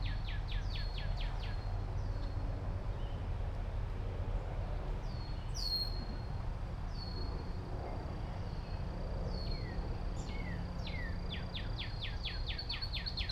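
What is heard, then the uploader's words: Birds chirp in quick, bright trills and whistles throughout a walk through the Olentangy River wetland, over a steady low rumble like traffic. A walk through the Wilma H. Schiermeier Olentangy River Wetland Research Park.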